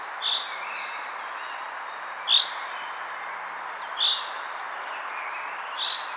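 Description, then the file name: Common chaffinch calling with brief, bright clipped notes, four in about six seconds, against constant hissing background noise. "Fringilla coelebs"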